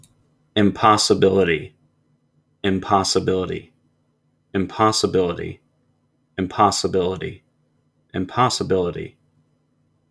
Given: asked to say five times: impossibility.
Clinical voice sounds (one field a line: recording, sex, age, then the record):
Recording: repeated word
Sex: male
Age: 30 to 39 years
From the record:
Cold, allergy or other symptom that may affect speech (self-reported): no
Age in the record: 32 years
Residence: Virginia, United States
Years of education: 12